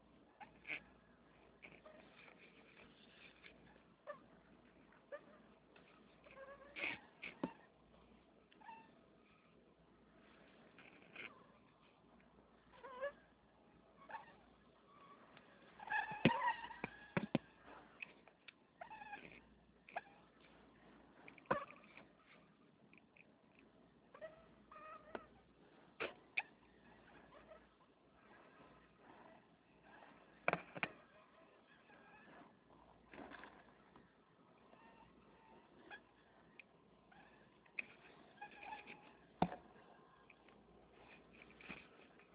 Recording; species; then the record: mosquito flight sound by mobile phone; Anopheles stephensi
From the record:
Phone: Nokia 6555B